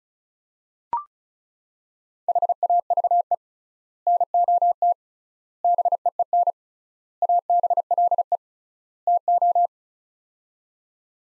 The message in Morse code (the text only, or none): HAVE NOT BEEN ABLE TO